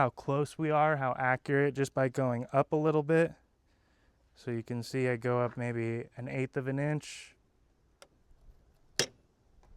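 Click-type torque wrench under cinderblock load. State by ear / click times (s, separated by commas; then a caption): torque reached / 9.0 s. Someone talks while a click-type torque wrench is loaded by a hanging cinderblock, with the load point moved up about an eighth of an inch. After a quiet pause, the wrench's breakaway mechanism gives one sharp click at 9.0 s, showing the wrench clicks at its setting.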